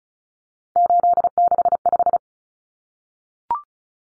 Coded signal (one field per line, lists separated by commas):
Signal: Morse code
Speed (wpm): 34 wpm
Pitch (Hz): 700 Hz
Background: none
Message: 865